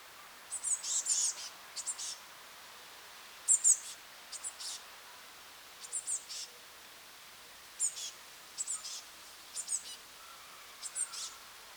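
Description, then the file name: Eurasian blue tit calls, short clusters of high thin notes and buzzy bursts spaced a second or two apart over a light hiss. "Cyanistes caeruleus"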